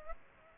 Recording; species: mosquito wingbeat signal from an infrared sensor; Aedes aegypti